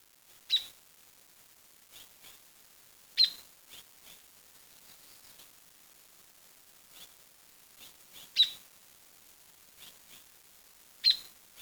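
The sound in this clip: Bird calls, short high sharp notes given in spaced bursts roughly two to five seconds apart, with fainter chips between them against a quiet background.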